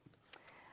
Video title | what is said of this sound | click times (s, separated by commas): HobbyMaker Live | okay coverage so then you can just pop that back in just till you hear it click on both sides | 0.3 s